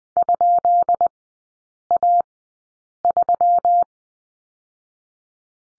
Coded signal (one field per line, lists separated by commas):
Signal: Morse code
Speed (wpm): 20 wpm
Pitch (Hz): 700 Hz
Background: none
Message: ?A3